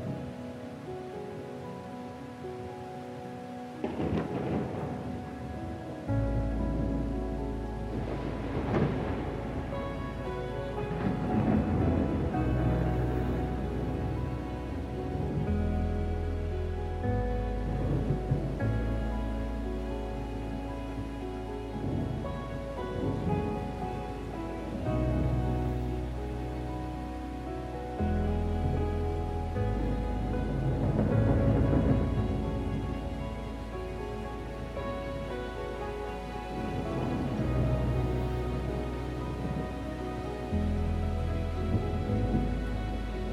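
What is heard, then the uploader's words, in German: Gentle classical music with sustained chords and a deep bass line plays over steady rain, with soft rumbles of thunder swelling at intervals. GEWITTER und sanfter MUSIK. Klängen von Donner und Regen sowie sanfter klassischer Musik.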